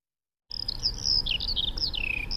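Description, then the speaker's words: Eurasian skylark song: a rapid, continuous, high twittering warble of trills and slurred notes over a low rumble. "So klingt die Feldlerche."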